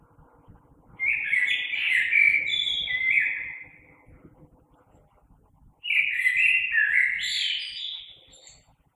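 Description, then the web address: Common blackbird song: two rich, fluting warbled phrases separated by a pause of about two seconds. Recorded 3 March 2020. "oiseaux Merle 2020 03 03"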